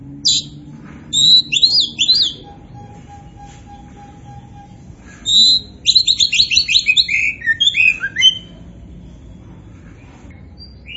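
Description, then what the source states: Oriental magpie-robin song of rapid slurred whistles and chattering notes in two long runs, with a faint steady low tone in between. Indonesian name kacer poci; described as gacor, singing actively.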